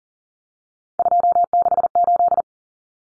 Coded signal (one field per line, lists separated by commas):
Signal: Morse code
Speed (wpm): 40 wpm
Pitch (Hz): 700 Hz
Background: none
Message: 268